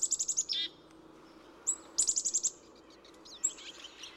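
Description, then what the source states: Pine siskin calls in short bursts: rapid runs of thin, very high ticking notes with one buzzy falling note, separated by brief quiet gaps. Hungry pine siskins chattering at a thistle feeder.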